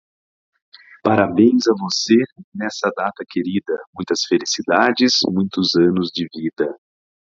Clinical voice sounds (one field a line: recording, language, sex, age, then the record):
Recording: short text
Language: Brazilian Portuguese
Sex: male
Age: 30 to 39 years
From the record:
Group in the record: control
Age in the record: 39 years